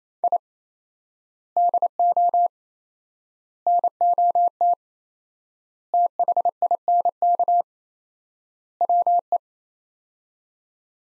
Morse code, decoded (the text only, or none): I DO NOT THINK WE